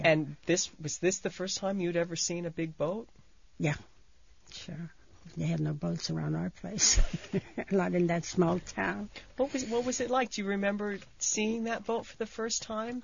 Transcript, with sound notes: And this, was this the first time you'd ever seen a big boat?
Yeah, sure. They had no boats around our place. ( she laughs ) Not in that small town.
What was it like? Do you remember seeing that boat for the first time?